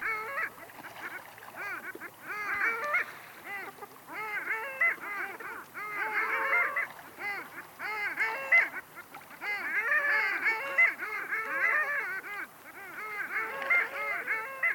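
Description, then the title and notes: Long-tailed Ducks in a noisy flock, continuous overlapping nasal yodelling calls, swelling and fading in waves, many birds calling together throughout. "Alli. Pertti Koskimies"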